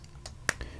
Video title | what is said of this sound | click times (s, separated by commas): Generic Triangular Fountain Pen Review | snaps into play so you may say Kris doesn't this remind you of another pen and here | 0.5 s